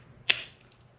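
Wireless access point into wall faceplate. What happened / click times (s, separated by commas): The housing snapped into its faceplate / 0.3 s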